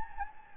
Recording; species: mosquito wingbeat signal from an infrared sensor; Anopheles gambiae